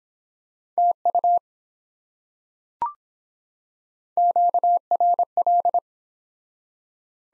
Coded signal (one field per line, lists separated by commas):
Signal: Morse code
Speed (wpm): 24 wpm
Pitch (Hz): 700 Hz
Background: none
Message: TU QRL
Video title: Top 20 QSO Elements - Speed-Racing - 17wpm